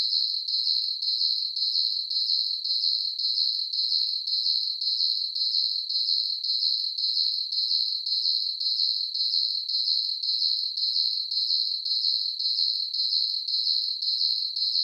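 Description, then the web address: Cricket chirps, shrill and pulsing, repeating almost twice a second with machine-like regularity across the whole stretch; nothing else audible. Crickets chirping at night; surround-sound ambience. "ambience crickets chirps night insects bugs"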